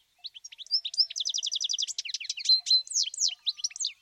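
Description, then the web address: Bird song, a fast varied run of high chirps and sweeping notes with a rapid trilled series in the middle, continuous over four seconds. "Bird Only"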